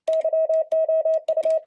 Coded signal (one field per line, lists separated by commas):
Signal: Morse code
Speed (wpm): 28 wpm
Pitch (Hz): 640 Hz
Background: none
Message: YOU